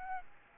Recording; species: mosquito wingbeat signal from an infrared sensor; Aedes albopictus